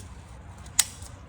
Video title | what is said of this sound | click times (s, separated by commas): 43mm WP XACT fork with AER - Fork Seals & Fluid Rebuild (KTM, GasGas, Husqvarna) | snapped right in. | 0.8 s